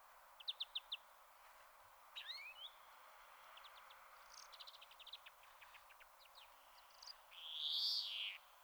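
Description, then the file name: European greenfinch calls: sharp high chips, a rising twittered phrase and short trills, ending in a loud drawn-out buzzy wheeze near the end. "Chloris chloris"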